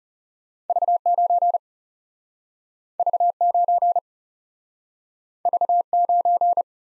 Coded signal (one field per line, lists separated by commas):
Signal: Morse code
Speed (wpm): 38 wpm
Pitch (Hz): 700 Hz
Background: none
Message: V 9 V 9 V 9